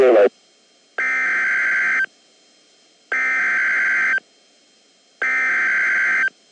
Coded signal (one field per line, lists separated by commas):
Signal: Emergency Alert System (SAME) tones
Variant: header bursts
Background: speech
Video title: Severe Thunderstorm Warning (EAS #307)